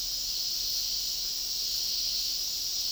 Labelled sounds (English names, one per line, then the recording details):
none
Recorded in dense forest near Puerto Asís, Putumayo, Colombia, on 21 February 2024 at 09:00
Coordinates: 0.500, -76.322
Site G6465